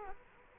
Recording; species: mosquito wingbeat signal from an infrared sensor; Culex quinquefasciatus